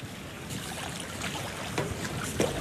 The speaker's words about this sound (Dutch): Nou, daar zijn we dan. Ja. Op de Wattoren. Ja. Net aangekomen, zijn gebracht door een boot van Rijkswaterstaat, Asterias. Ja. Ja. En met een kleinere boot, omdat het toch wel ondiep is hier, hier naartoe gebracht.